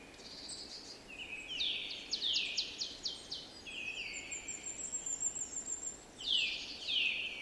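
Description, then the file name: Eurasian nuthatch calls: a rapid run of clipped high notes followed by drawn-out falling notes, a pause, then more loud descending calls against steady hiss. "Sitta europaea"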